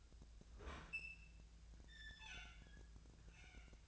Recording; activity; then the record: daily activity, microphone in the room; open fridge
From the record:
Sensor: 2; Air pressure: 1009.5 hPa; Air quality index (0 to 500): 184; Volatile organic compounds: 11 ppm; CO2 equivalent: 2293 ppm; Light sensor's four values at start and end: 24/58/25/27 and 24/58/25/27